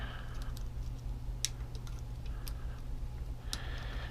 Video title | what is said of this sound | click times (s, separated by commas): GS650G engine reassembly, again! | you feel a click and I got to push it push it both | 1.5 s